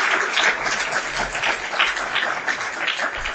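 An audience breaks into sustained applause, dense overlapping claps forming a steady, fairly loud wash of noise that holds for the whole stretch without voices on top.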